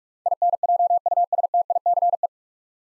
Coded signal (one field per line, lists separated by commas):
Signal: Morse code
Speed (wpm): 44 wpm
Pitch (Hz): 700 Hz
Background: none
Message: INJUSTICE